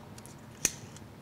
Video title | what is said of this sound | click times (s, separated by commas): Clever Hidden Laundry Room Hangers w/ Dogs // Black Dog Builds | you hear it click, and we're good to go again. | 0.6 s